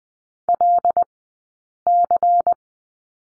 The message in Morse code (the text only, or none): LC